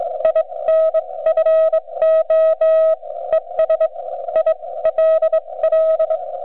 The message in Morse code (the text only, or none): INFO ES ILL